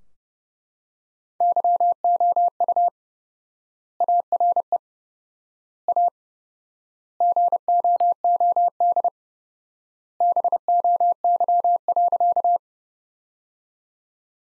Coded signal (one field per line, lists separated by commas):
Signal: Morse code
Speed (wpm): 30 wpm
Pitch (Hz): 700 Hz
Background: none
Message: YOU ARE A GOOD BOY.